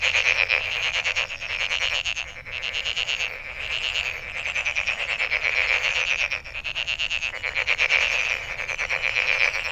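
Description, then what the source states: Frog chorus of dense, rapidly pulsed rattling calls, nearly continuous, swelling and dipping in loudness. Recorded 23 May 2008.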